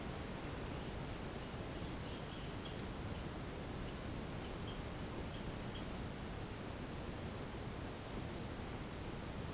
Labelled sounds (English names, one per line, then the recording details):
none
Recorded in secondary vegetation near Puerto Asís, Putumayo, Colombia, on 24 March 2025 at 10:00
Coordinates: 0.488, -76.319
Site G095